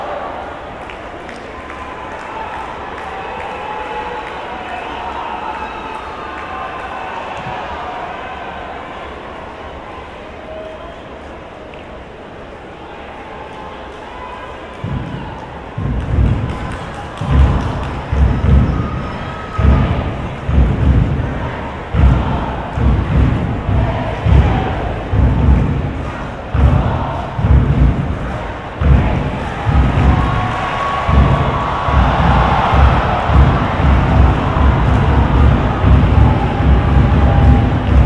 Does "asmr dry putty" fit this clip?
no